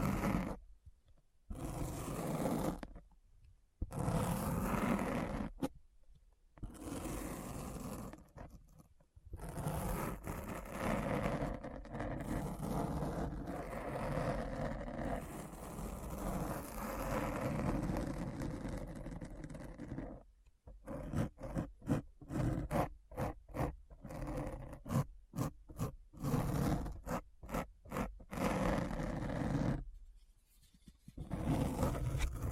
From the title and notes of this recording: ASMR Deep Brain Scratch (No Talking).